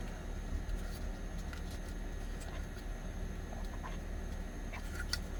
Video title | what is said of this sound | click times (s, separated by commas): SkyroninFJ Carobotor FJ Cruiser LCD Digital Dash FJ Buttons Install | Snaps into place. | 5.1 s